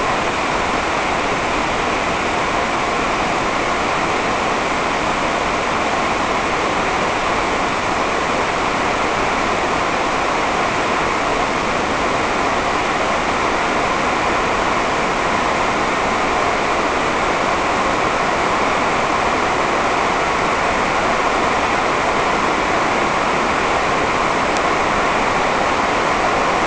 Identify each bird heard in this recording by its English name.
none